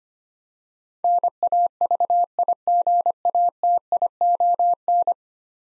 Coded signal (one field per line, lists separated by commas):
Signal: Morse code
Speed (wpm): 25 wpm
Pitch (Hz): 700 Hz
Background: none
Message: NAVIGATION